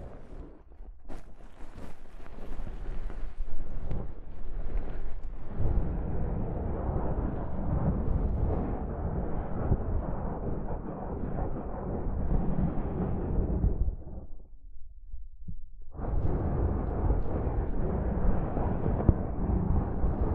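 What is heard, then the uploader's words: Soft fabric brushes against a microphone in dense, low rustling rubs with scratchy bursts early on, dropping nearly silent around fifteen seconds before resuming. ASMR Mic Brushing using Soft Fabric (No Talking).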